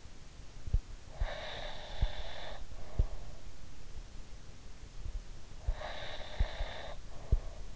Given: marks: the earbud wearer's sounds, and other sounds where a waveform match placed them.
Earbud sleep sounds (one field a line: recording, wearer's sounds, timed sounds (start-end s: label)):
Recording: sounds in sleep by an in-ear microphone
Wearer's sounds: breath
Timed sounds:
1.04-3.38 s: breath
5.78-7.76 s: breath